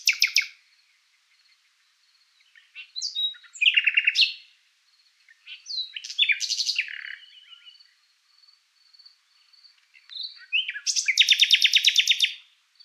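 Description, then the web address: Common nightingale song in separate bursts: brief rattles, varied whistled and chirping phrases with pauses, ending in a loud fast repeated trill of rich notes. "Ruiseñor común"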